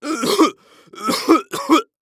Human Male Cough Gagging Cough.